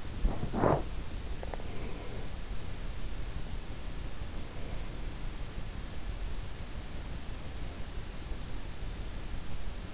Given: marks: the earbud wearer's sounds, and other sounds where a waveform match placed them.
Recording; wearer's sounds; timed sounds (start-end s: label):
sounds in sleep by an in-ear microphone; body movement
0.00-1.65 s: body movement